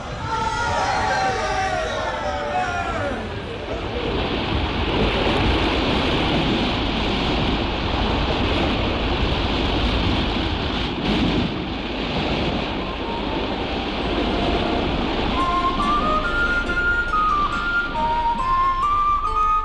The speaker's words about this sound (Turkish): Bakın deniz nasıl kabarıyor. Bakın, bakın.